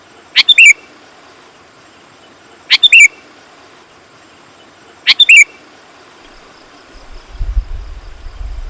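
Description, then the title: Sooty-headed bulbul giving short, bubbly whistled phrases, three in all, roughly every two and a half seconds; a low rumble creeps in near the end. "kutilang"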